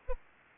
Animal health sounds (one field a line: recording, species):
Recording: mosquito wingbeat signal from an infrared sensor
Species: Anopheles arabiensis